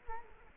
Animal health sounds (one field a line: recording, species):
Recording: mosquito wingbeat signal from an infrared sensor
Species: Culex quinquefasciatus